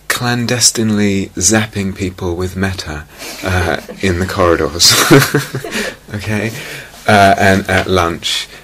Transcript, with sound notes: clandestinely zapping people with mettā in the corridors. [laughter] Okay? And at lunch.